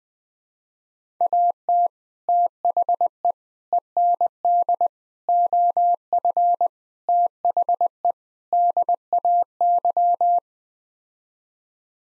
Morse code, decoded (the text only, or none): AT THE END OF THE DAY